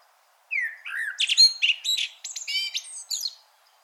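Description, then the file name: Common blackbird song phrase: mellow, slurred whistles lead quickly into a run of high, tinny, chattering notes lasting about three seconds. "Turdus merula"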